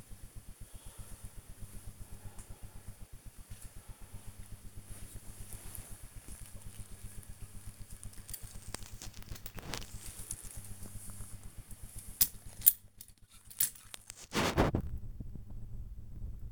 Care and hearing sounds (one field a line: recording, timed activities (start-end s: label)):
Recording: household activities, microphone on the right wrist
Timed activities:
0.00-16.52 s: dusting model cars